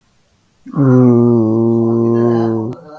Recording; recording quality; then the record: sustained vowel as in boot; excellent, no background noise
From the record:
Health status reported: healthy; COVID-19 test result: negative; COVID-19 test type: RT-PCR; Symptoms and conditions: cold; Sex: male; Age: 20 years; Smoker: no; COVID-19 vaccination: both doses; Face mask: worn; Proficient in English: yes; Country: India